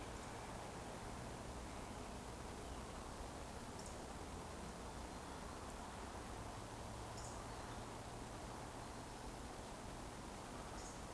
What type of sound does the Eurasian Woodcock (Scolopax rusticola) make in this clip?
whistle